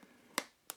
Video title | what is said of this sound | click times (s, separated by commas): Sistema BAKE IT | with that snapping noise | 0.4 s, 0.7 s